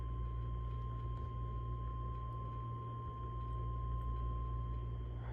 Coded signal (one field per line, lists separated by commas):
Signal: Emergency Alert System (SAME) tones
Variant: 1050 Hz attention tone